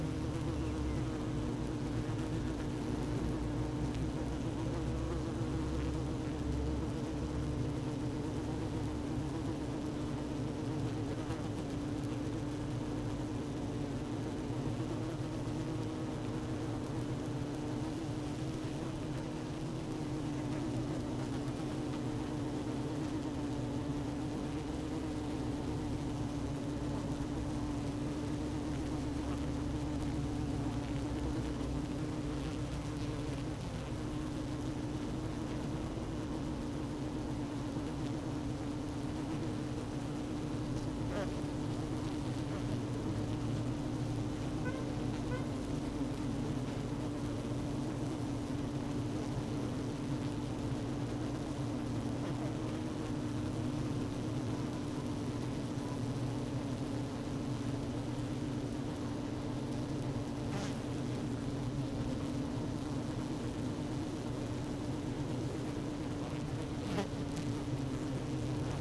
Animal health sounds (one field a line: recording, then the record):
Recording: honeybee colony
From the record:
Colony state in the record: active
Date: 12 June 2018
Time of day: 16:00